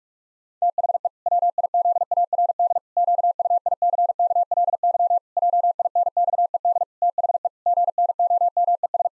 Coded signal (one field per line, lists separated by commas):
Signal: Morse code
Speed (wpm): 48 wpm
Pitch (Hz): 700 Hz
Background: none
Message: THE WIZARD QUICKLY JINXED THE GNOMES